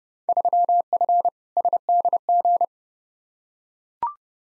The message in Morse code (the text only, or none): 3F SDG